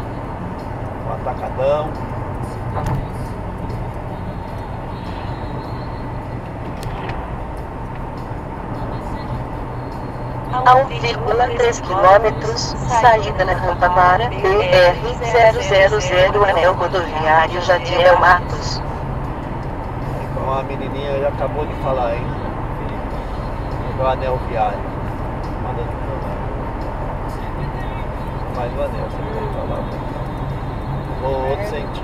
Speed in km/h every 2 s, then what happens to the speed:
86, 86, 86, 89, 91, 93, 94, 95, 97, 99, 102, 103, 103, 100, 98, 96.
0-21 speeds up to 103. 21-32 slows to 96.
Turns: none.